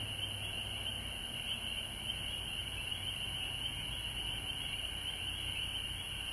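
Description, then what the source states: Frogs in a dense chorus, a steady high wall of calls that never pauses, over a low hum, with a constant very high band above. Several frogs recorded at home in Georgia on March 19, 2020.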